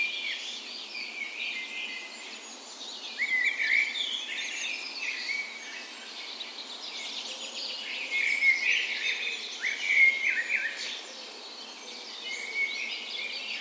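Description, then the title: Dawn chorus: several songbirds trilling and twittering at once, bursts of louder song rising and falling over a steady background of birdsong. Dawn chorus on the morning of 17 May, Norway's National Day, in a park west in Bergen, Norway, in spring; recorded with Sony PCM A10 and LOM Micro Usi microphones as tree ears. "17th Of May Dawn Chorus"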